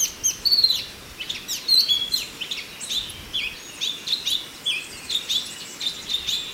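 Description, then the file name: Chinese hwamei song with clear whistled notes and quick repeated phrases, rising and falling in pitch, over a hissy background. "suara alam hwamei"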